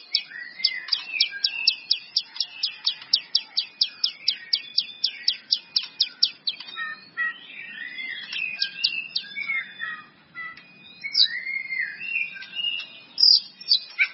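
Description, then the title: White-rumped Shama song: a steady series of rapidly repeated sharp notes, then a varied jumble of whistles and harsher notes. "murai batu"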